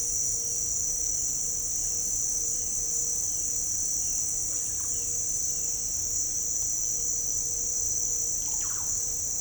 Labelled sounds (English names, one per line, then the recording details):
Russet-backed Oropendola
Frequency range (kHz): Russet-backed Oropendola 0.5-4.1 kHz
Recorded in pastures near Puerto Asís, Putumayo, Colombia, on 21 December 2024 at 17:00
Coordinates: 0.496, -76.326
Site G004